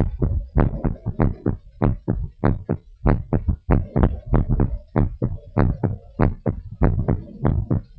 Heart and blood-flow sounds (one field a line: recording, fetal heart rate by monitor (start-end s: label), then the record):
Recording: heart sounds of a pregnant woman by stethoscope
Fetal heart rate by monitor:
no fetal heartbeat
From the record:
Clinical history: decreased amniotic fluid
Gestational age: 34 weeks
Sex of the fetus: girl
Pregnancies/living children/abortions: 3/0/2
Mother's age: 34 years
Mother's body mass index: 28.9